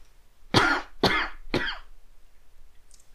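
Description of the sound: Three harsh, explosive coughs about half a second apart, each a brief noisy burst that fades quickly, followed by quiet. An adult acting out a bad cough, said to have been plaguing them all day, for a comedic skit, not a genuine illness.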